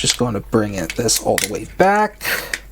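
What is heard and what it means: Someone talks while handling the plastic back section of a transforming toy figure, swinging the back end all the way back with a few faint plastic handling sounds under the voice. Nothing has seated or clicked yet; the clip ends just before the part snaps into place.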